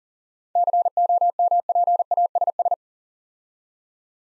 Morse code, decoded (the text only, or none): COMPASS